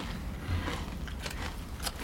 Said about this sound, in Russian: Кушает чипсы.